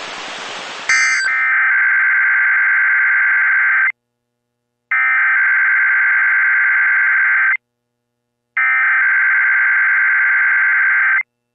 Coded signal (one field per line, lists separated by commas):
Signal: Emergency Alert System (SAME) tones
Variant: header bursts